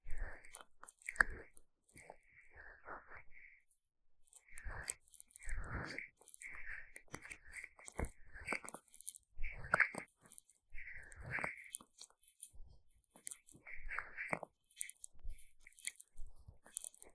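Sticky aloe gel ear massage, wet squelching and crackling bursts in irregular clusters, with brief quiet gaps around four and twelve seconds.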